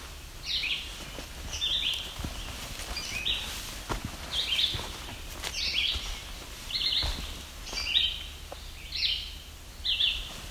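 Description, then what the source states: Yellow-bellied Sapsucker giving nasal, squeaky calls like a rubber toy, repeated about once a second, with soft rustling and faint low background noise. Squeak likened to a rubber toy or squeegee toy.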